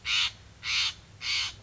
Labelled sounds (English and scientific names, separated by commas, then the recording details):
Steller's Jay (Cyanocitta stelleri)
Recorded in Sonoma County, California